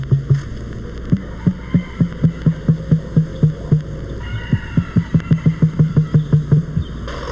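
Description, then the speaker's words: Emu thumping: deep, hollow booming pulses, repeated several times a second in two long runs with a short pause between them. Zoo bird; the thumping is produced in the emu's breast. "this strange thumping the emu generates in its breast sounds like nothing else in the world."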